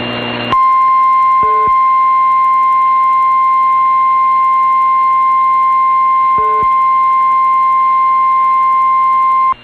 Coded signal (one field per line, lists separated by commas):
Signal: Emergency Alert System (SAME) tones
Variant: 1050 Hz attention tone